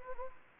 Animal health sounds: mosquito wingbeat signal from an infrared sensor; Anopheles gambiae

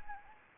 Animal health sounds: mosquito wingbeat signal from an infrared sensor; Anopheles gambiae

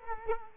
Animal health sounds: mosquito wingbeat signal from an infrared sensor; Culex quinquefasciatus

